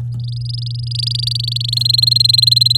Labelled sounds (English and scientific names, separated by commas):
Domestic Canary (Serinus canaria) song